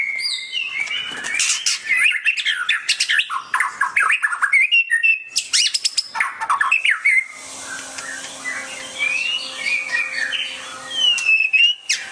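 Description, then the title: Oriental magpie-robin pouring out a dense, varied song of whistles and harsh chatters, then softer rambling phrases over a low steady hum. "Kicau Kacer"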